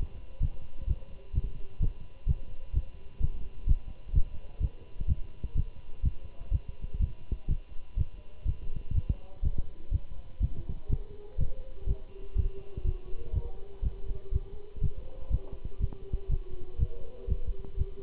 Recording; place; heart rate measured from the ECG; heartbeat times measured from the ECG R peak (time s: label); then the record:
heart sounds by stethoscope; between the tricuspid and mitral areas; 124 bpm
0.42 s: heartbeat
0.88 s: heartbeat
1.35 s: heartbeat
1.81 s: heartbeat
2.28 s: heartbeat
2.74 s: heartbeat
3.21 s: heartbeat
3.68 s: heartbeat
4.14 s: heartbeat
4.62 s: heartbeat
5.09 s: heartbeat
5.56 s: heartbeat
6.04 s: heartbeat
6.52 s: heartbeat
7.01 s: heartbeat
7.49 s: heartbeat
7.98 s: heartbeat
8.47 s: heartbeat
8.95 s: heartbeat
9.44 s: heartbeat
9.93 s: heartbeat
10.42 s: heartbeat
10.91 s: heartbeat
11.39 s: heartbeat
11.88 s: heartbeat
12.37 s: heartbeat
12.86 s: heartbeat
13.34 s: heartbeat
13.84 s: heartbeat
14.33 s: heartbeat
14.82 s: heartbeat
15.32 s: heartbeat
15.81 s: heartbeat
16.30 s: heartbeat
16.80 s: heartbeat
17.29 s: heartbeat
17.78 s: heartbeat
From the record:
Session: Bruce protocol treadmill stress test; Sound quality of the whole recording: good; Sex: male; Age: 25 years